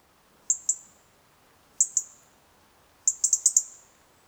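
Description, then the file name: European robin calls: high, thin tick notes in pairs, followed by a quicker run of five clipped ticks near the end. "Erithacus rubecula"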